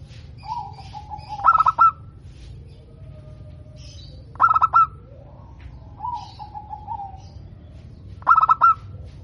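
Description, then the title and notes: Zebra dove song: a low rolling coo followed by loud, stuttered bursts of cooing notes, repeated every few seconds over a steady low hum. Local-strain zebra dove singing frequently and actively, its voice described as crystal-clear and loud. "PERKUTUT LOKAL GACOR Suara KRISTAL LANTANG. Kicau Burung Perkutut"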